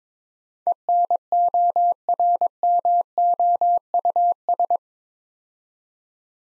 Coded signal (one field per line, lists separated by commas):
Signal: Morse code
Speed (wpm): 22 wpm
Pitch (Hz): 700 Hz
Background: none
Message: ENORMOUS